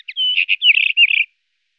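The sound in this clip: White-crowned wheatear giving one short phrase: a couple of short notes and a clear whistled note, then a rapid chattering, scratchy warble that ends abruptly.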